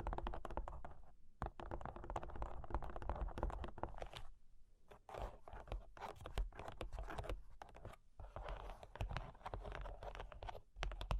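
Cork and wood being tapped, scratched and traced, with a dense stream of quick, uneven clicks and rubbing scrapes. Activity runs almost continuously, broken by brief pauses near 1, 4.5 and 8 seconds. A low rumble sits underneath throughout.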